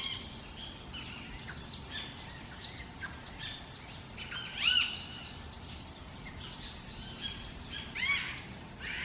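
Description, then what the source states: Parrot giving two loud harsh squawks about three seconds apart, over a steady background of twittering birds. Jungle ambience.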